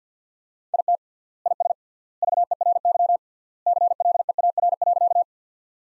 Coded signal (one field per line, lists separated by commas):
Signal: Morse code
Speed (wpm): 50 wpm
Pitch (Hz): 700 Hz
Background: none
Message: IT IS VERY CLEAR.